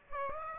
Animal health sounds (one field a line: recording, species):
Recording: mosquito wingbeat signal from an infrared sensor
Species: Aedes aegypti